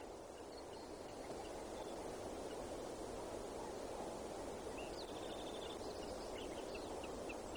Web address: alaska acoustic highlights BIRDS GAARUPNO 20180607 025501. Savannah